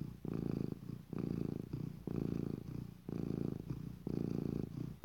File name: Cat Purr